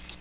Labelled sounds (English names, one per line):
Magnolia Warbler flight call